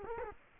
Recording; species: mosquito wingbeat signal from an infrared sensor; Culex quinquefasciatus